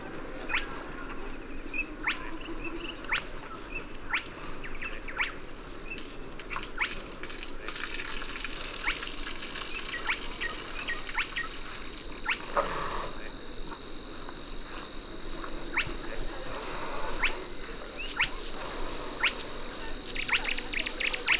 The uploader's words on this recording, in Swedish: Dalbyvikens ljudlandskap i maj. Ljuden är inspelade med Telingas SSM-mikrofon och en Olympus LS-14 samt PRO-8 MK2 parabolmikrofon och en Zoom H4.